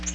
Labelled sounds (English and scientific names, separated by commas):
Nashville Warbler (Leiothlypis ruficapilla) flight call